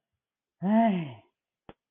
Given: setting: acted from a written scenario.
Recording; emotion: vocal sound without words; guilt